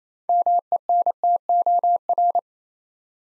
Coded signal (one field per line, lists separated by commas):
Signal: Morse code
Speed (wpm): 27 wpm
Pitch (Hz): 700 Hz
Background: none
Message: MENTOR